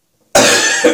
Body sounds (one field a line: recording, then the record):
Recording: coughing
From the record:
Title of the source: Cough Around the Clock!